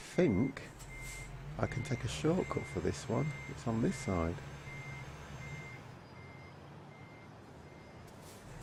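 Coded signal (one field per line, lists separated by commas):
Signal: none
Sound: truck reversing beeps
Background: speech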